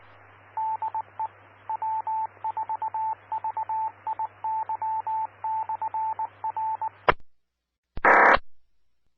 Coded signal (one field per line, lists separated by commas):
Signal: Morse code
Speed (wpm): 19 wpm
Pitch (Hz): 880 Hz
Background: radio noise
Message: DE W4VIY/R N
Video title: 2022-03-30 - WA5HC 146.4400 MHz Repeater